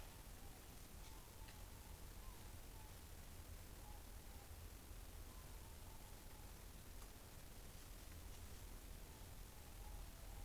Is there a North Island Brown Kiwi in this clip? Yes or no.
no